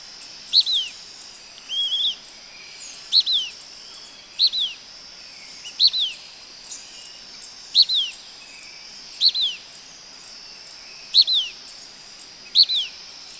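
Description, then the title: Blackish pewee calling repeatedly, each call a sharp high chip and a falling slurred note, given roughly every one to two seconds over constant high insect buzz. Nominate subspecies nigrescens. "LuckyPassaro Completos2Sama. Blackish Pewee (Contopus nigrescens nigrescens)"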